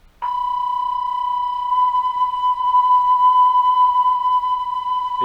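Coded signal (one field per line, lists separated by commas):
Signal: PSK31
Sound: a steady warbling tone around 1 kHz with a slight rapid flutter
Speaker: that's what psk sounds like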